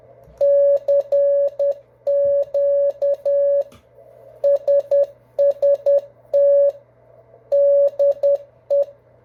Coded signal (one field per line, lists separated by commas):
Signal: Morse code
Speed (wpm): 10 wpm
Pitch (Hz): 560 Hz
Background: none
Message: CQ SST DE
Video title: NEW MORSE CODE OPS TRY THE K1USN SST FOR SLOWER SPEED CONTACTS